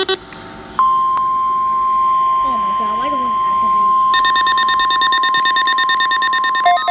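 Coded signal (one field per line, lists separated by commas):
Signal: Emergency Alert System (SAME) tones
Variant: 1050 Hz attention tone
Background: speech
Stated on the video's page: Real required weekly EAS test.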